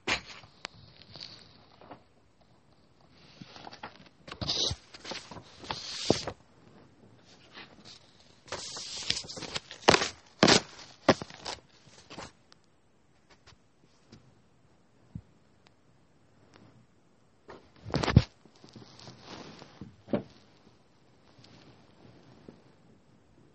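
Drawing and writing sounds: a pen or pencil scratches across paper in short, uneven strokes with quiet pauses between them. Bursts of denser, brighter scribbling come around 4–6 seconds, 9–11 seconds and near 18 seconds, with a few sharp taps scattered throughout.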